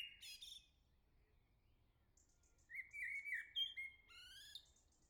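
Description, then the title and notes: Common blackbird song: a few high thin notes, then a mellow fluted warble rising and falling, ending in a squeaky twittering flourish. Sings nearby on a morning at the start of summer, La Jarrie, France; recorded with SD MixPre-6 II, MS MKH40/30 in Cinela PIA2. "Le Merle salue l'été, 3 Gd Rue de Chassagne, 17220 La Jarrie, France. Quel Sol!!!! pour saluer l'arrivée de l'été ce matin! Merci Jolie Merle de tes vocalises à proximité!"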